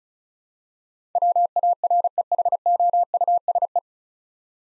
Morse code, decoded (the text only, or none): WAREHOUSE